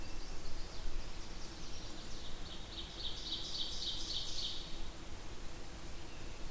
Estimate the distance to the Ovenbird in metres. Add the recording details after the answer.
about 65 m. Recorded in boreal forest in Alberta, Canada, on 8 June 2016 at 08:35. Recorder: SongMeter 3, array SBT-3-9. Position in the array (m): 46 m, 112 m. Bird 33